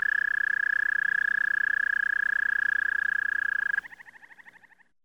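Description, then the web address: Frog trill, a steady high buzzing trill held for nearly four seconds, then breaking into a slower series of pulsed notes that fade out. "лягушки"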